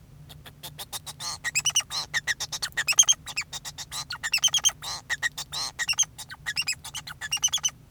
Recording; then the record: song of a male Bengalese finch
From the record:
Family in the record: son of father 2